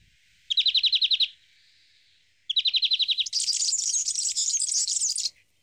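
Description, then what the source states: European serin song: a quick, even trill of repeated high notes, a pause, the trill again, then a long buzzy, jangling, glassy jingle of about two seconds. Played back from an earlier soundscape; heard from a park bench in Toledo; one of four finch species that nest in the open on tree branches.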